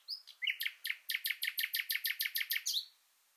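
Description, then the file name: Common nightingale song: a strong rhythmic run of about a dozen identical sharp downslurred notes, evenly spaced, ending with a short whistle. "Luscinia megarhynchos"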